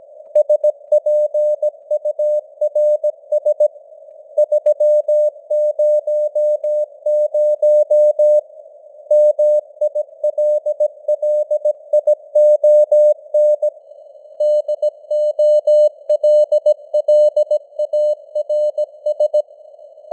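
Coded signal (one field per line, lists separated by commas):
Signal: Morse code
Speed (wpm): 17 wpm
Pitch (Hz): 600 Hz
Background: none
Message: SPURS 300 MILLION DOLLARS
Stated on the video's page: Simulated Morse news headlines at 17 wpm with simulated radio noise and fading (QSB); experimental.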